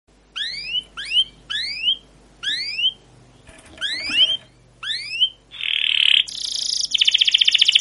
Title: Suara Burung Kenari Gacor Panjang cuit cuit Ngerol untuk Pancingan Kenari